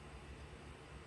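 During an RC car ESC install, a Hobbywing EZRUN MAX6 going into a Traxxas UDR, a freshly soldered connector is handled and pushed toward its mating plug on the ESC wiring. Only a steady low rumble and broadband hiss are heard, with no sharp sounds. Nothing has seated or clicked yet.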